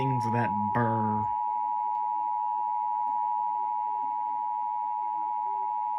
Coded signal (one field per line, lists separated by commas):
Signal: Emergency Alert System (SAME) tones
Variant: 853 and 960 Hz attention tone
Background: speech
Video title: EAS 808 - Relaying WCBS RMT on WJON